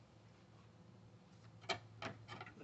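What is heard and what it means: A PVC table clamped onto a teardrop camper fender is lifted up on one side and slid back the other way to free it. Sharp clicks at 1.7 s and 2.0 s, then a softer tap near 2.4 s, as the table unclips and comes off the fender.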